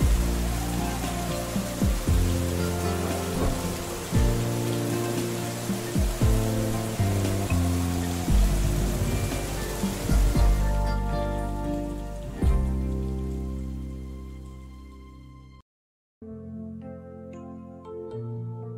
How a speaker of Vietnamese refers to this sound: Kéo cao cổ áo, tôi lầm lũi đi trong mưa về nhà mình. Nước mưa ướt sũng cả mái tóc và thấm lạnh cả thân tôi.